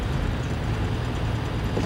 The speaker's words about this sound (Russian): Мужчина в пальто и шляпе вышел из здания, водитель заводит автомобиль, подходят еще несколько человек, садятся в автомобиль, стоящий рядом.